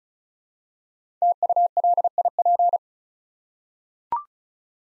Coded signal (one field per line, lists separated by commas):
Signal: Morse code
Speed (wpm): 36 wpm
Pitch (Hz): 700 Hz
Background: none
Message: TULIP